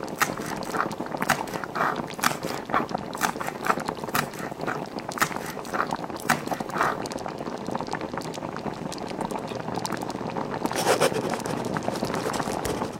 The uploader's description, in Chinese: 妈妈在做饭 爸爸在看报 屋里放着老电视广播声 偶尔传来的京剧